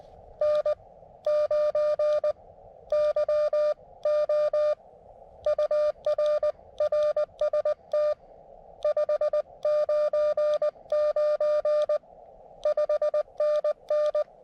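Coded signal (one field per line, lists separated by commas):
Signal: Morse code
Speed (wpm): 18 wpm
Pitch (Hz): 600 Hz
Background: none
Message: N9YO UR RST 599 5NN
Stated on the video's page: QRP CW from a mountain top using an Elecraft KX2 with an AX1 antenna mounted on a mast.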